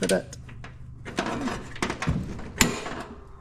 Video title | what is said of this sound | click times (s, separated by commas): Prewar Riley Brooklands - Bonnet catches done | it just locks into place. | 2.6 s